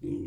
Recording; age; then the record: pig call; weaner (32 to 43 days)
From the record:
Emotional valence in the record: negative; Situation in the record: negative conditioning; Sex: female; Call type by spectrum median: low-frequency call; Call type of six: low-frequency stable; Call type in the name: low-frequency stable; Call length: 0.27 s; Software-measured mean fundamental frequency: 44 Hz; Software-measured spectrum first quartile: 197 Hz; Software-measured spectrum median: 289 Hz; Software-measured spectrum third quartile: 334 Hz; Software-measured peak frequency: 314 Hz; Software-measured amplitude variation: 158 dB a second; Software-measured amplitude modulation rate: 30.0 a second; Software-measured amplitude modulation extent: 5.3 dB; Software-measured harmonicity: 4.6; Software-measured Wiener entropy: 0.17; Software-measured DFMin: 1518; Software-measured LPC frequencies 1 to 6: 319, 2348, 3052, 5307, 6416, 7028 Hz